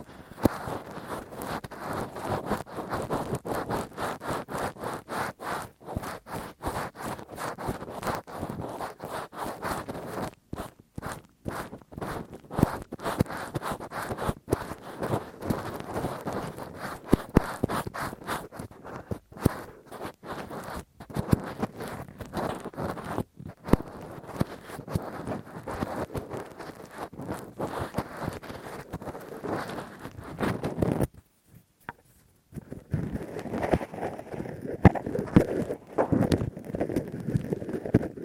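Rough, deep ear cleaning with a Q-tip and ear pick: fast, dense scratching and rubbing strokes that crowd together with only brief gaps. The scraping holds fairly steady and scratchy throughout, pausing briefly around 31 seconds before resuming in a slightly lower, muffled texture.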